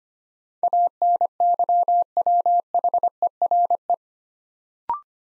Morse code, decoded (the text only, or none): ANYWHERE